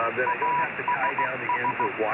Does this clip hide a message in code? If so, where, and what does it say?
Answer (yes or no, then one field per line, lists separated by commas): yes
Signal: Morse code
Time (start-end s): 0.3-1.9 s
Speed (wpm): 16 wpm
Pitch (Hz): 980 Hz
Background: speech, radio noise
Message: ASS